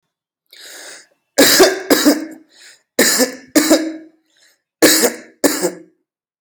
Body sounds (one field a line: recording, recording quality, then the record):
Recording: heavy voluntary cough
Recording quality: excellent, no background noise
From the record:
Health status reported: healthy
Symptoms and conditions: none ticked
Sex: male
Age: 29 years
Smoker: not ticked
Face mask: not worn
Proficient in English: yes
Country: India